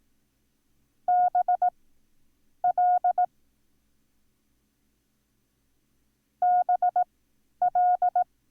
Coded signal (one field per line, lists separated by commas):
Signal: Morse code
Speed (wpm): 18 wpm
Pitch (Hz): 720 Hz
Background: none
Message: BL BL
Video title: Learn Morse Code - Lesson 8